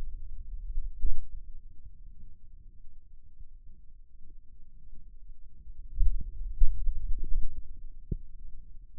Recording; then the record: forearm muscle sounds (acoustic myography)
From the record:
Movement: finger pinch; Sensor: system 2, bracelet of six BSWA MPA416 microphones around the upper forearm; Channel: 2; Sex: male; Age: 22 years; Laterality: right